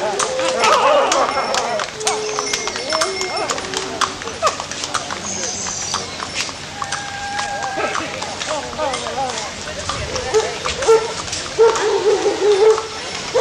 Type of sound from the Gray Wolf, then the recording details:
howling. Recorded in captivity. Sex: group. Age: diverse. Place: Zoo Berlin, Berlin, DE. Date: 1986-08-08 10:40. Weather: heiter, 8°C. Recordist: Tembrock, Günter. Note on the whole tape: Gruppe mit Jungen: Bellheulen